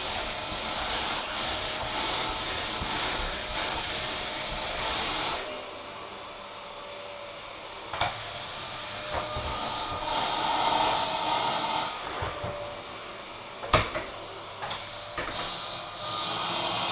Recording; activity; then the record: daily activity, microphone in the room; vacuum cleaning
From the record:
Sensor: 5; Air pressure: 1010.3 hPa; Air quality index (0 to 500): 120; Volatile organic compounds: 2 ppm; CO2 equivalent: 1180 ppm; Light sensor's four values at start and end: 538/1353/560/633 and 492/1250/519/577